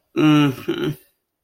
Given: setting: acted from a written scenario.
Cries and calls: vocal sound without words; embarrassment

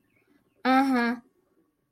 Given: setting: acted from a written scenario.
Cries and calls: vocal sound without words; interest

